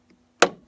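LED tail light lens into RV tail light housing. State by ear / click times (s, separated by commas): seated / 0.4 s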